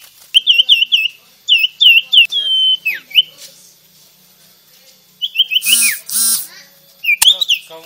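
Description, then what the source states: Sirtu song: bouncy whistled notes in quick repeated phrases with pauses between, with a couple of harsh noisy bursts near the end. Gacor (vigorous, continuous singing).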